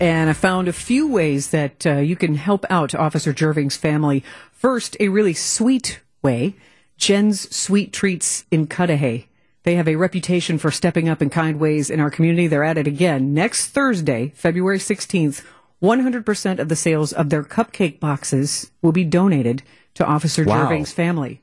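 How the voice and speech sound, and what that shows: Clear, fluent conversational speech from one adult woman at a steady pace, with ordinary voice quality and articulation.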